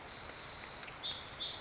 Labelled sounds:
Pacific Wren (Troglodytes pacificus)
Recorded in Sonoma County, California

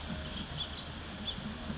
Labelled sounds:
House Finch (Haemorhous mexicanus)
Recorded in Sonoma County, California

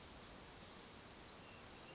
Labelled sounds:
Brown Creeper (Certhia americana)
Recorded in Sonoma County, California

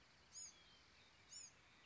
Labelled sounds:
Bewick's Wren (Thryomanes bewickii)
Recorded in Sonoma County, California

